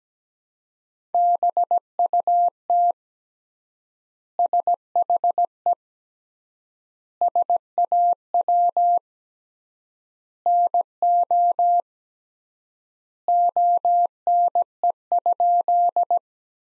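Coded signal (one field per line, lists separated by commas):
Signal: Morse code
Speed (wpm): 17 wpm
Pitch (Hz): 700 Hz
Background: none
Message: BUT SHE SAW NO ONE?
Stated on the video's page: Practice sentences from the top 300 words at 17 wpm with 3x standard word spacing, analogous to the Farnsworth method.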